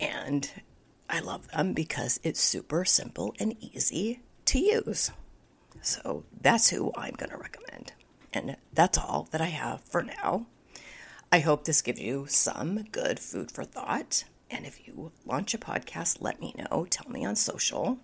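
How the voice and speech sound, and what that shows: Adult woman speaking in a conversational monologue with frequent pauses and a strained, partly breathy, whisper-like voice quality consistent with spasmodic dysphonia, a voice condition she developed within the past year and is still living with.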